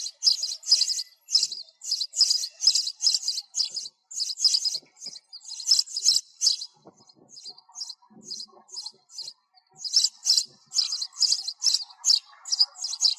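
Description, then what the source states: Sparrow giving long runs of high, bright chirps, some bursts fast and dense, others softer and spaced, roughly two per second. Sparrow calling to its flock.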